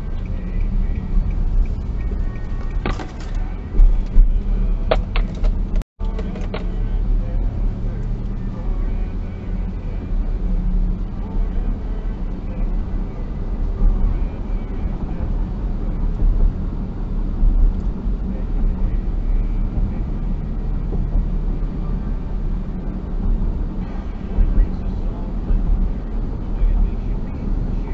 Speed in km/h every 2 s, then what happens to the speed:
23, 29, 34, 42, 47, 50, 53, 54, 54, 54, 55, 57, 58, 58.
0-11 speeds up to 53. 11-28 steady at about 54.